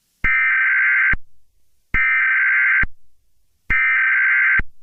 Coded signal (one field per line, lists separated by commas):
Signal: Emergency Alert System (SAME) tones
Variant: header bursts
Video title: The Mid West Wildfire Outbreak: EAS Scenario